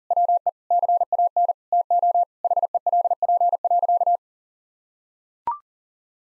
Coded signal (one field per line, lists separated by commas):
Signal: Morse code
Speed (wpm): 40 wpm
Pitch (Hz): 700 Hz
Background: none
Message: WE CAN TO HELP.